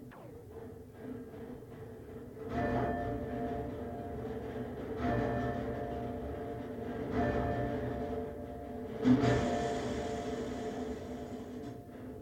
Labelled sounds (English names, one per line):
Western Barn Owl call